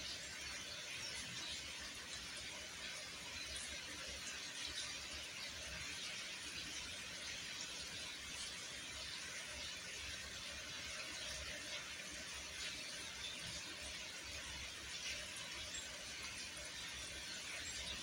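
Steady, dense rain hisses evenly throughout, bright and unbroken, with a faint low rumble underneath and no distinct drops or pauses.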